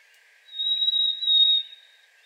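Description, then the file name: Harris's sparrow singing a single long, clear, steady whistle at high pitch, with a faint hiss behind it. Singing in a yard. "Harriss Sparrow singing in my yard"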